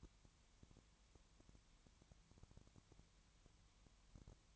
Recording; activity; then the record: daily activity, microphone in the room; no activity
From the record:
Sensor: 3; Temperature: 20.5 degrees Celsius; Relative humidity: 33.0%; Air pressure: 1003.2 hPa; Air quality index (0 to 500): 105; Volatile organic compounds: 2 ppm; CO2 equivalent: 1067 ppm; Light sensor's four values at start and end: 2/3/2/2 and 2/3/2/2